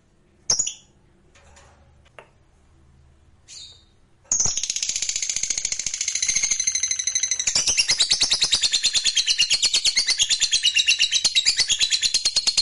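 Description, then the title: Lovebird giving a few scattered sharp chirps, then a sustained fast chattering trill from about four seconds on, growing slightly louder toward the end. Fighter lovebird giving the ngekek panjang, a long continuous trill. "Suara Lovebird FIGHTER NGEKEK PANJANG"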